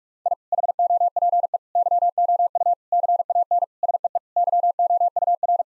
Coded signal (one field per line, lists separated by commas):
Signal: Morse code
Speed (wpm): 46 wpm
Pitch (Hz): 700 Hz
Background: none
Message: I HOPE YOU CAN SEE YOUR